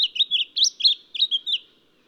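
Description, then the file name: Lemon-bellied flycatcher making a short run of several high, sweet, slurred notes in under two seconds. "Microeca Flavigaster"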